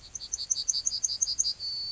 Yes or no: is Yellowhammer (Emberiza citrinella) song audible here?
yes